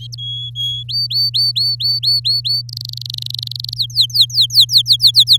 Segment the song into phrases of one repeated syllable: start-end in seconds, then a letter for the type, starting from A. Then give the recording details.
0.18-0.83 A, 0.89-2.62 B, 2.69-3.74 C, 3.76-5.37 D. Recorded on 9 May 2018 at 15:05. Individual llb16